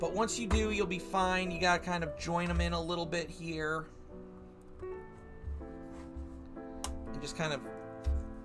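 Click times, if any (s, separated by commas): none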